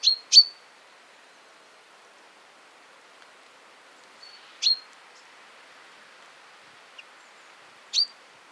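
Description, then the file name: Common chaffinch repeating crisp, clipped call notes: a quick pair, then single calls spaced a few seconds apart, against quiet background noise. "Fringilla coelebs"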